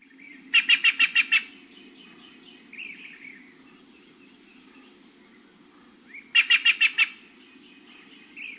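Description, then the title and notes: Green jay giving a harsh, rasping series of five quick notes, repeated after about five seconds, with a fainter note between; steady low hum underneath. Weslaco, southern Texas, United States, at a state park; a tropical bird found mainly in Mexico and South America that just reaches the United States in southern Texas. "Laura Meyers Photograpy Green Jay"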